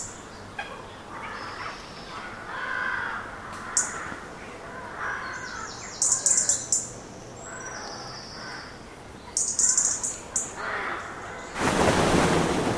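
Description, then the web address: Rooks giving rough cawing calls in an uneven chorus, with high thin chirp bursts and a sudden loud rushing noise at the end. Many rooks calling in trees; traffic-free background. "Hollywood Edge Historical Series. Rooks in Trees"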